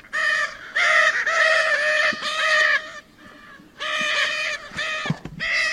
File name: canto da arara azul de lear